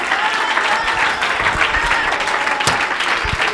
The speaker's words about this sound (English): You're a part of the church. Oh, clap your hands unto the Lord.